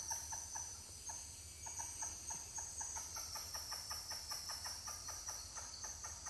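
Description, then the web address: Titi monkeys give quick repeated pulses, several each second, rising and falling slightly in strength, while insects drone steadily at high pitch. More than one titi monkey calling. "Titi-monkeys-calling wilderness-songs"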